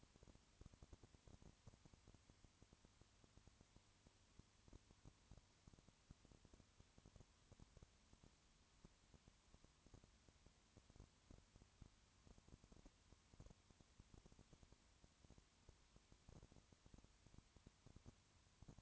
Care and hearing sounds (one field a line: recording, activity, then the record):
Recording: daily activity, microphone in the room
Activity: no activity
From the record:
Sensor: 3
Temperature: 20.5 degrees Celsius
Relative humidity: 34.6%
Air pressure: 1001.0 hPa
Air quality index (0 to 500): 195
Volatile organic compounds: 6 ppm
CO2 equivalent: 1855 ppm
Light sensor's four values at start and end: 2/3/2/2 and 2/3/2/2